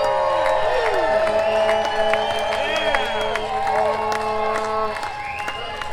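A crowd yells and cheers loudly and steadily for several seconds for a newly married couple, with overlapping high whoops and shouts, a bit of scattered clapping, and the noise easing slightly near the end.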